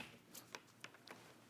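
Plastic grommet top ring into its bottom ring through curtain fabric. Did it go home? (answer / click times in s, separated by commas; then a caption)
no / none. The two halves of a plastic curtain grommet, a plain ring and a ring with little pins, are handled and pressed toward each other through decorator fabric and lining. Soft rustling is heard, with brief sharp taps at about 0.5 s and 0.8 s. The clip ends before the grommet halves snap together, so nothing has seated yet.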